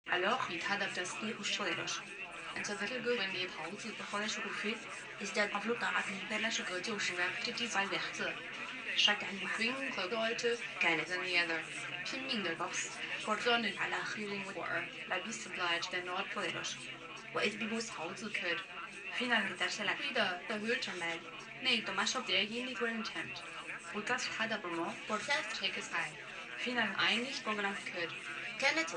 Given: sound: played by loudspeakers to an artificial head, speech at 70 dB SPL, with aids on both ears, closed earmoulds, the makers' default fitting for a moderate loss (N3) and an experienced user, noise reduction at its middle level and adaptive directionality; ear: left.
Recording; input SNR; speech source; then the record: speech test signal (ISTS) in cocktail-party noise; +9 dB; on the right (90 degrees)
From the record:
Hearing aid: class 2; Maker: G